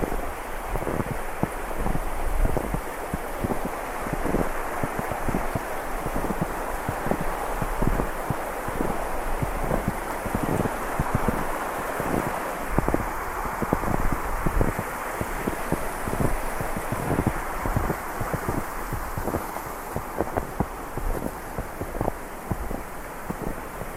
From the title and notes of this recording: This is a recording of a walk along a snowy river. You can hear the crunch of snow under your feet, the sound of the river, and the sound of the wind blowing.